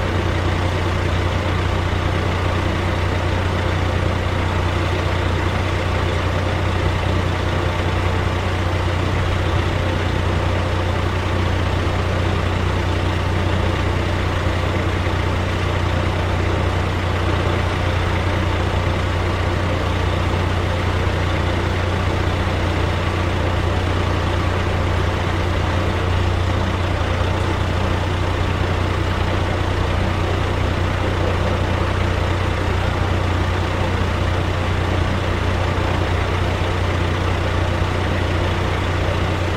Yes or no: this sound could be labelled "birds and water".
no